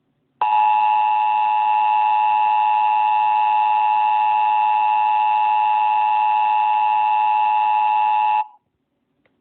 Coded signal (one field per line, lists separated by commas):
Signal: Emergency Alert System (SAME) tones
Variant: 853 and 960 Hz attention tone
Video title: EAS Alert Based On The Towering Inferno